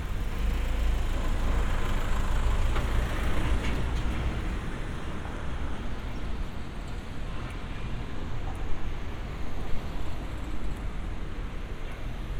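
Street sound from a walk in Funabashi, Chiba, Japan, dominated by a steady low rumble of passing traffic, heaviest in the first four seconds as a large vehicle goes by. The rumble eases slightly afterward, with faint clicks and brief scrapes scattered throughout.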